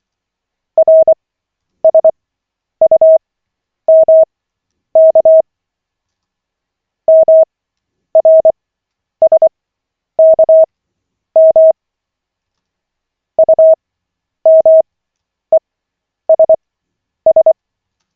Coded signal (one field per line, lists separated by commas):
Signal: Morse code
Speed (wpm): 24 wpm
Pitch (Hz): 640 Hz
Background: none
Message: RSUMK MRSKM UMESS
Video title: Koch 6/40, 27.12.2024, 1st CW practice session